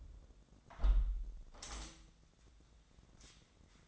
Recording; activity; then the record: daily activity, microphone in the room; close window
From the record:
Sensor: 3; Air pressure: 1012.3 hPa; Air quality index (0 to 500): 110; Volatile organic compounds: 1 ppm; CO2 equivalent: 862 ppm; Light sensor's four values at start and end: 176/422/172/160 and 179/430/176/163